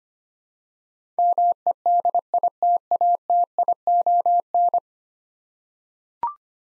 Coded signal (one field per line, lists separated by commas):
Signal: Morse code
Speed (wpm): 25 wpm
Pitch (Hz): 700 Hz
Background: none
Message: MEDITATION